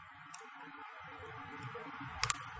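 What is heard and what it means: A spudger presses the front camera flex connector into its socket on an iPhone 5s logic board, with a faint tick at 0.3 s over a low background rumble. Two sharp clicks follow at 2.2 s and 2.3 s as the connector seats.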